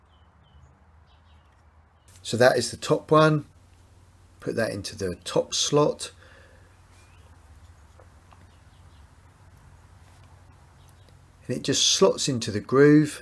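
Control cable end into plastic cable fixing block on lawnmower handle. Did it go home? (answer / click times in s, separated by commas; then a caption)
no / none. Someone talks while lining up the top control cable end in the slot and groove of a new plastic cable fixing block on the handle of a Mountfield petrol lawnmower, with quiet handling between the speech. The cable end is only positioned, not yet pushed home, so nothing has seated or clicked yet.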